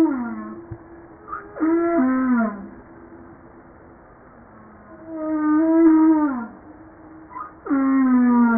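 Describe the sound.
Humpback whale calls: long harmonic moans that waver then slide downward, several units with short upswept notes between them.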